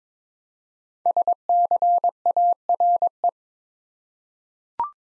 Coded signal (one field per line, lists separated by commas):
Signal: Morse code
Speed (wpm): 22 wpm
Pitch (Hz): 700 Hz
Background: none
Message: SCARE